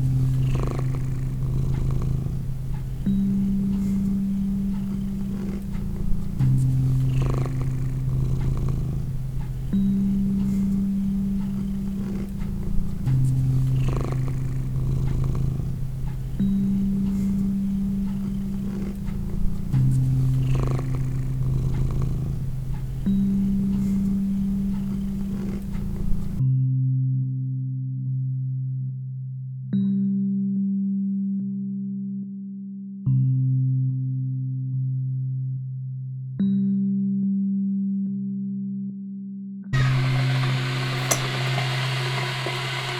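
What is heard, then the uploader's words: A cat purrs steadily and deeply, the low rumble rising and falling in a regular rhythm every couple of seconds, with soft clicks and rustles over the first half. Midway the background goes quiet, leaving the purr alone, and near the end a rushing hiss starts. It was my morning walk in the apartment in Paris, interacting with the cat and putting the water on for morning tea.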